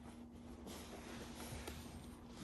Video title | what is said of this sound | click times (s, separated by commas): Installing new headrest covers for BMW E30 rear seats! | Or more like feel it click. There you go. | 1.7 s